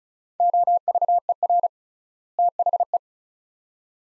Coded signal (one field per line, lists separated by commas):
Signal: Morse code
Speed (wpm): 36 wpm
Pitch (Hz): 700 Hz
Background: none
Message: OVER THE